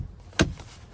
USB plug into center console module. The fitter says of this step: make sure you hear that click just